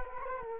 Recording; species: mosquito wingbeat signal from an infrared sensor; Culex quinquefasciatus